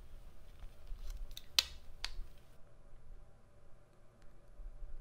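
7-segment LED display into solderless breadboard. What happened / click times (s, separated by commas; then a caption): A small component snapped into the board / 1.6 s, 2.0 s. A 10-pin 7-segment LED display is pressed into a plastic solderless breadboard, and it seats with two sharp snaps at 1.6 and 2.0 seconds. A few faint ticks come just before, over low background noise.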